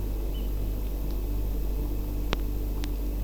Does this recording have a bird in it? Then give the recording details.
yes. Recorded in France